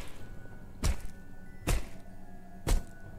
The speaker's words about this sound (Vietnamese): Tiếng búa vang lên khắp cả nghĩa địa mênh mông trong u tối.